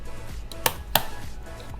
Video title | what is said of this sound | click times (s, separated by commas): 컴퓨터 수리 비밀 폭로 # 1 -- 어쩌지 이게 다 알려지면 뭐 먹고 살지 | 그러면 이렇게 딱딱하고 이렇게 장착이 되어야 됩니다 | 0.7 s, 1.0 s